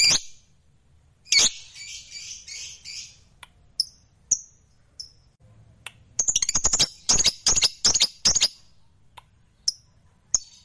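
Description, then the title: Lovebird song with shrill squawks and scattered high chirps, building into a fast burst of sharp repeated notes before thinning out again. Lovebird described as a fighter bird singing energetically (gacor). "Berkat SUARA Lovebird FIGHTER GACOR Ini"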